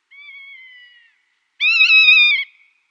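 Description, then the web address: Rough-legged buzzard giving two drawn-out mewing whistles, the first soft and level, the second louder, fuller and slightly wavering before tailing off. "Schulze Peter Rough-legged Buzzard"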